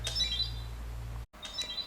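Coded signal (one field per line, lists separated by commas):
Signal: beep code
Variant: METechs MID300 RFID door lock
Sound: a quick short tune of high electronic beeps, played twice, over a low hum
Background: low electrical hum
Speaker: is what programming mode looks like there are two red to yellow to blue and two orange lights that flash in pairs in time with the short tune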